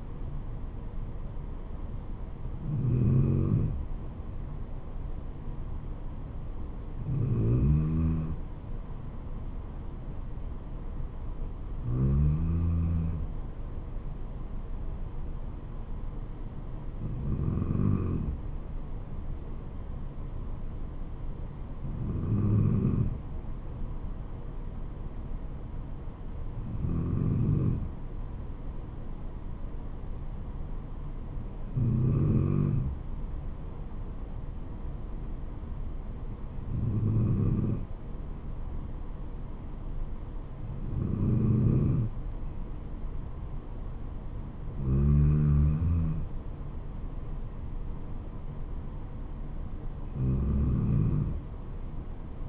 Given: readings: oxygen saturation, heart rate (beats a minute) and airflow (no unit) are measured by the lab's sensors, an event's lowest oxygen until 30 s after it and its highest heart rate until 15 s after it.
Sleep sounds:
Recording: breathing in sleep by a smartphone at the bedside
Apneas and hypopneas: none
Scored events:
none scored
From the record:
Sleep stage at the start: N2 (light sleep)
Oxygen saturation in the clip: 93%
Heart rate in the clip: 68 to 76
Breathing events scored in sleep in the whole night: 426 in 7.4 hours asleep

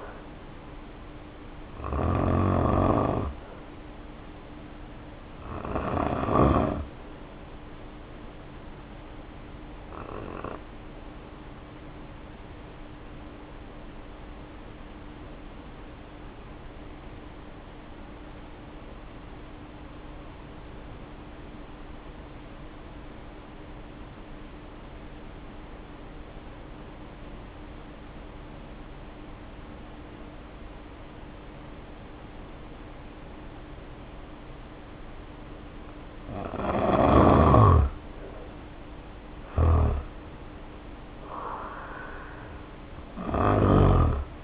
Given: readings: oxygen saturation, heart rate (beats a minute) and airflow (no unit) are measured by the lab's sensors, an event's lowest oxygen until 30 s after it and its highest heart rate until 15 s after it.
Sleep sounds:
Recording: breathing in sleep by a voice recorder at the bedside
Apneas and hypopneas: 1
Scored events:
10.00-38.90 s: hypopnea (N2, oxygen 94% highest, then 74% lowest, heart rate 50 at the start, 70 highest)
From the record:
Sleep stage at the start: N2 (light sleep)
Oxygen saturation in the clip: 78 to 94%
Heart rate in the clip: 50 to 70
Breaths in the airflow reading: 12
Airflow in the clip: -2.2 to 3.2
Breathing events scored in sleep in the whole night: 520 in 7.2 hours asleep

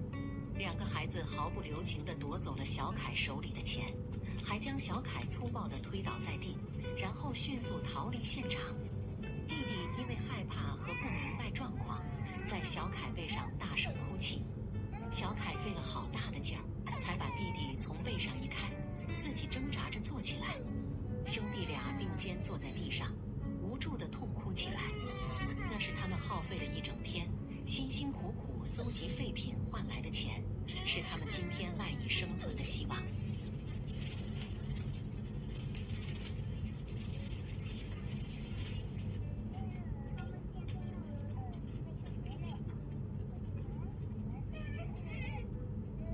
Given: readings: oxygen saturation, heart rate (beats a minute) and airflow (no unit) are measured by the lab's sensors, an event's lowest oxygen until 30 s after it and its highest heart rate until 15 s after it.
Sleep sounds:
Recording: a person awake in a sleep study, by a smartphone at the bedside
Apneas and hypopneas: none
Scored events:
0.00-46.14 s: awake
From the record:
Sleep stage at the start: awake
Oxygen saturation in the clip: 95 to 96%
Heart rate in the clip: 71 to 74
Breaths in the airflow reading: 11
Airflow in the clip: -3.1 to 4.5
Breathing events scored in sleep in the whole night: 131 in 7.2 hours asleep

